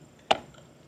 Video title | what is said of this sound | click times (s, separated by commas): Never Suffer with UV Printer Fumes Again from your eufyMake E1 | You can feel the detents. They're in there. | 0.3 s